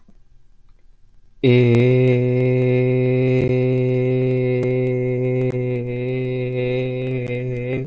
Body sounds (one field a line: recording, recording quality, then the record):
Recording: sustained vowel as in made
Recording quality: excellent, no background noise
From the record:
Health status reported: healthy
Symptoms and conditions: none ticked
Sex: male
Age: 24 years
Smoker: not ticked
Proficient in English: yes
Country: United States